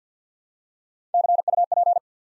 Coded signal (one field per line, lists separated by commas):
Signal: Morse code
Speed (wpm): 50 wpm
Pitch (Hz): 700 Hz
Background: none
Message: C U P